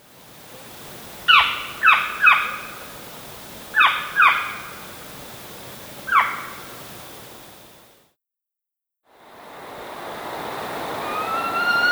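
Northern saw-whet owl calls: six short, sharp squeaky notes with a falling tone, given singly and in quick pairs, then a brief silence and a rising hiss of background noise.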